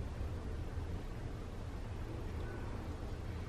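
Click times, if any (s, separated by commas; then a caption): none. A plastic keycap is brought over and centered on a laptop key's hinge clip before being pressed down. Only a steady low rumble and broadband noise are heard, with no sharp transients. Nothing has seated or clicked yet.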